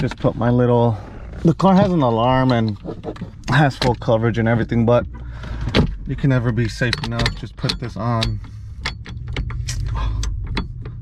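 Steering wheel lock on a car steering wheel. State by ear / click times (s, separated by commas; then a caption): not seated / none. Someone talks while fitting an anti-theft lock onto the steering wheel of an NSX for extra security even though the car has an alarm, and a series of short, sharp metallic knocks and rattles follows from about 8.9 s. The lock is still being handled and nothing has seated or clicked into place yet.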